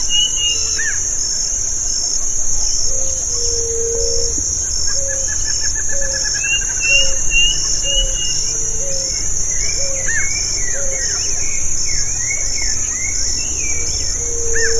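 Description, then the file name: Birds calling: a low hooting note repeats steadily while higher chirps and a brief trill sound over a constant insect whine. "SABIOD 50 bird 2015"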